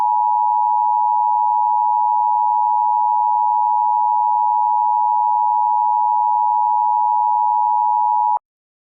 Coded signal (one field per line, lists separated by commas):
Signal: Emergency Alert System (SAME) tones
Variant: 853 and 960 Hz attention tone